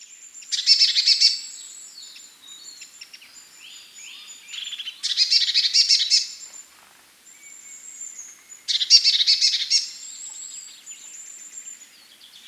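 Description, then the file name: Eurasian blue tit churring calls, dense buzzy rattling bursts of about a second, repeated roughly every four seconds, with high thin whistles and chirps between them. "Cyanistes caeruleus"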